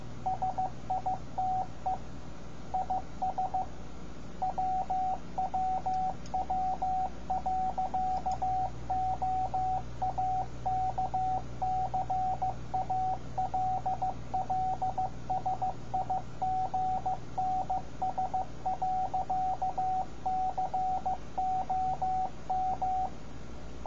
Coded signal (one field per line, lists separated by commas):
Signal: Morse code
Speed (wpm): 15 wpm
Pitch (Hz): 750 Hz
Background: radio noise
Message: SITE IS WWW.OAKCALLSIGNS.COM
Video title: Amateur Radio Call Signs for Your Shack- Morse Code CW